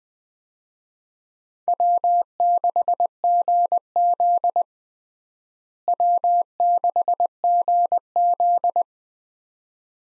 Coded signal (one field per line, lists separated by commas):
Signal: Morse code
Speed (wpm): 20 wpm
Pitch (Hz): 700 Hz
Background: none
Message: W6GZ W6GZ